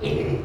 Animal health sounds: contact call of a hoofed animal; pig; closed-mouth grunt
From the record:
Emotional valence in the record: negative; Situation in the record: short social isolation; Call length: 0.45 s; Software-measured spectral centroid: 1540 Hz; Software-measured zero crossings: 1050 a second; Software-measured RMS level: -24 dBFS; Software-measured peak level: -12 dBFS

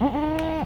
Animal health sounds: contact call of a hoofed animal; goat; low-frequency (closed-mouth) or high-frequency (open-mouth) call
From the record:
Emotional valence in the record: negative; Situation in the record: short social isolation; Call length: 0.66 s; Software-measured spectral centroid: 1700 Hz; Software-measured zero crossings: 1190 a second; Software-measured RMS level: -24 dBFS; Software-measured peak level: -11 dBFS

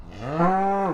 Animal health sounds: contact call of a hoofed animal; cattle; low-frequency (closed-mouth) or high-frequency (open-mouth) call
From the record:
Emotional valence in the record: negative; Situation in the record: full separation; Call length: 0.94 s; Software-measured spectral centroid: 1030 Hz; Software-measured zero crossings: 1360 a second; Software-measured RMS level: -23 dBFS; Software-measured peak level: -8 dBFS

